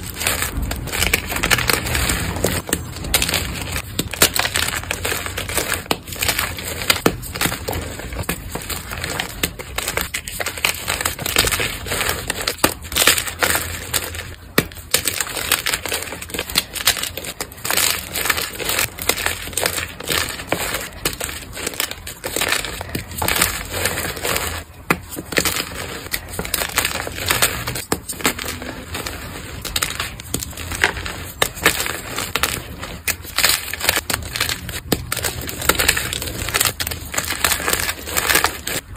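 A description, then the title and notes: Powdery crunching goes on steadily for the whole clip, a dense run of gritty squeaks and crackles with no real pauses. Sharper crunches stand out now and then, around 15 and 25 seconds. The sound is full from low thumps to bright hiss. Powder Crunch.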